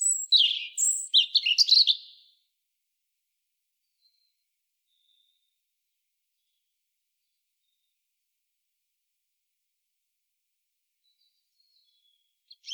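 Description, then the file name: European robin song, a quick jumble of high, thin warbled and twittering notes for about two seconds, then long silence, with a brief new phrase starting right at the end. "Erithacus rubecula"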